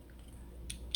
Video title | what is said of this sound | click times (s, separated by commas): Wireless Gamecube Controller Mod! Add Bluetooth and USB Charging to a DOL-003 while Repairing It! | actually, okay, I need to push this in a little bit far. There we go. Snap. | 0.7 s, 1.0 s